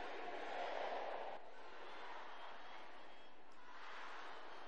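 A crowd of women shouts together loudly during a prayer in a sustained, roaring wave of voices that swells at the start, eases slightly, then rises again toward the end.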